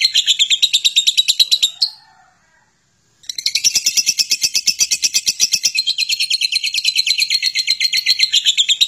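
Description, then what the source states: Lovebird chattering in a fast, scratchy run of high notes, a brief silent gap, then an unbroken trill of rapid twitters. Long continuous chatter, called ngekek panjang.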